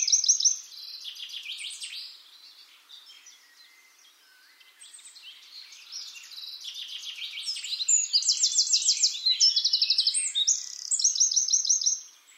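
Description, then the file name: Eurasian wren song, long and hurried: a brief loud start, then softer jumbled twittering, then swelling into loud, fast, high trills and rattling phrases near the end. "Troglodytes troglodytes"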